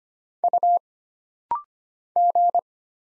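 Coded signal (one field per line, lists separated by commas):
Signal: Morse code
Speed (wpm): 25 wpm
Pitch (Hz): 700 Hz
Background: none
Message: U G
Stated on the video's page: Computer-generated Morse at 25 wpm for rapid-fire single-character recognition drill: letters, numbers, punctuation and prosigns, each character sent twice.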